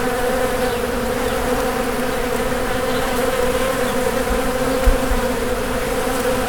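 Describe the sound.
Bees humming steadily, a thick constant drone with a brief low thump.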